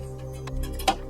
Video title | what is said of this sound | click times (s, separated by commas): How to Change a Graphics Card | and it'll snap right in place | 0.9 s